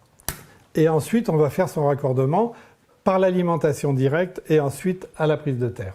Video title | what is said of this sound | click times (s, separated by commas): villanyszerelés franciaországban | Cet appareil se clipse sur le rail de façon traditionnelle. Voilà. | 0.3 s